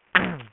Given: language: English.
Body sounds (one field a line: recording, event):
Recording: throat vibration sensor signal played as sound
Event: throat clearing